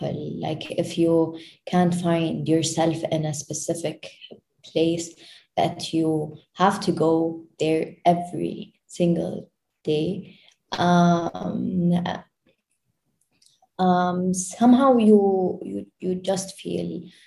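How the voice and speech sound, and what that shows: An adult woman who has stuttered since about age 9 or 10 speaks in short bursts with drawn-out sounds, drawn-out 'um' fillers, a long block-like pause, and a whole-word repetition ('you, you, you just'). These disfluencies fit stuttering.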